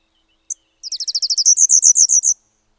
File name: Golden-winged Warbler - Vermivora chrysoptera